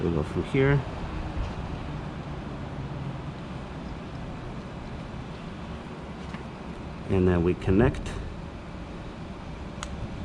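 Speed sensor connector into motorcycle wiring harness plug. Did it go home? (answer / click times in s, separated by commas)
yes / 9.8 s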